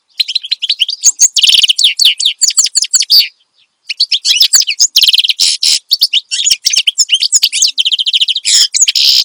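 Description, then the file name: Finch song in fast, busy strophes of high chirps, trills and buzzes, broken by a short silence after three seconds. Energetic ('gacor') finch song, presented as suitable for tutoring songbirds (masteran). "Suara Kicauan Burung Finch Gacor Dor Cocok Untuk Masteran"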